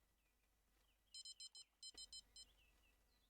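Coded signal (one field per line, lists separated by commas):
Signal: none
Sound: fishing game bite beeps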